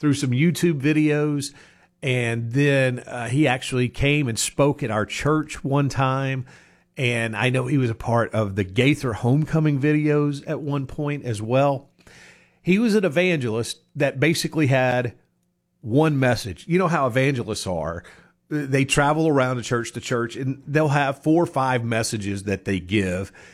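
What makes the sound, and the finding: Adult man. Typical speech.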